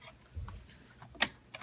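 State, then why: Seated. A threaded bobbin case is slid into its seat in the hook area under the needle plate of a Bernina 330 sewing machine, with soft handling bumps before it. A sharp little click rings out at 1.2 s as the bobbin case seats, followed by a fainter tick shortly after.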